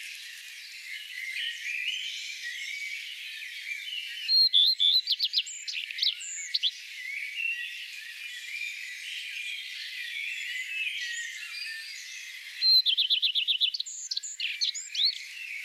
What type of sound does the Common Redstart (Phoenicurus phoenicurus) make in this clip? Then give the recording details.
song. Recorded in the wild. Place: Flögelner See, Schleswig-Holstein, DE. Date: 2004-05-05. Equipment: MiniDisc Sharp MT 20 H, Telinga DAT, Telinga-Parabolspiegel. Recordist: Schwarz, Dieter. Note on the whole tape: Song